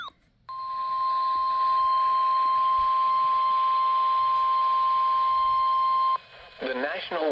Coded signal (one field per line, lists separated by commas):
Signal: Emergency Alert System (SAME) tones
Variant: 1050 Hz attention tone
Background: speech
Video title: Please enjoy this severe thunderstorm warning EAS alert featuring the RadioShack 12-991.